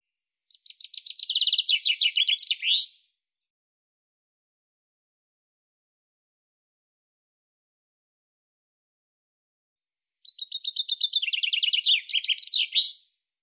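Common chaffinch giving two similar song phrases about ten seconds apart, each a fast descending trill of crisp notes ending in a flourish, with silence between.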